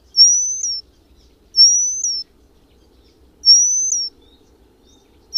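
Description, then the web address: Eurasian penduline tit song: high, thin drawn-out whistles, rising slightly, repeated every couple of seconds over a soft low rumble. "agykontroll Madardalok Cd 3. Függőcinege"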